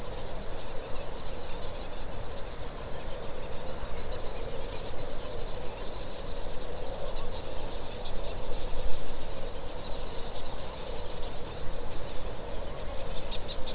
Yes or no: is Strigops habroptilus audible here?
no